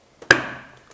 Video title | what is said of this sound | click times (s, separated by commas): REVOTION BRAIN - Installation Tutorial - UNIVERSITY - GPS Tracking & Nivellierung | klickt richtig und jetzt kann ich hier | 0.3 s